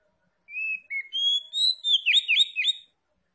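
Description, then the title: Oriental magpie-robin: a few drawn-out whistles, followed by a quick series of bright, bouncing notes. Tretes is named with the bird; its singing is described as gacor, meaning vigorous, frequent song. "Kacer Tretes"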